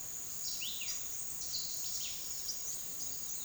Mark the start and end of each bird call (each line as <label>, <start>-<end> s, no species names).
bird call, 0.00-3.44 s